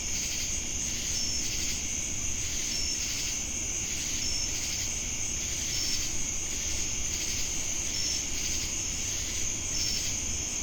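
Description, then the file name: Cricket trill, high and continuous, with short bright notes recurring every second or two, plus a rhythmic throbbing insect buzz and low rumble. Crickets heard together with cicadas in Jamestown, North Carolina, USA, on 10 August 2018. "Crickets And Sacadas Jamestown NC August-10-2018"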